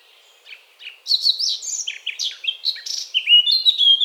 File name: Sylvia atricapilla